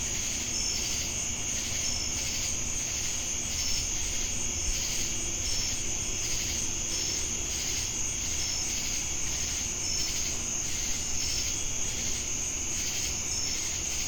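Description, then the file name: Crickets: an unbroken shrill trill, short high chirps recurring every one to two seconds, layered over a swelling and fading insect drone. Crickets recorded together with cicadas in Jamestown, North Carolina, on 10 August 2018. "Crickets And Sacadas Jamestown NC August-10-2018"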